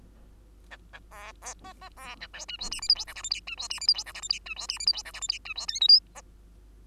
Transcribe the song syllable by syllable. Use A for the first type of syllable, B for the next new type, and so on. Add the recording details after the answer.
A A B B C C B A D E F G H I J K L M N E F G H I J K L M N E F G H I J K L M N E F O P Q C. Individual Bird2